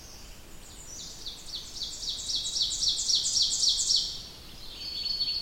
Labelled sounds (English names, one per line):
Ovenbird song